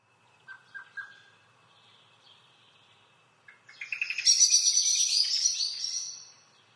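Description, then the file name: Common blackbird song: a few low fluted notes, a pause, then a long, high, rapid twittering phrase that rises into a dense chattering flourish before fading. "Turdus merula"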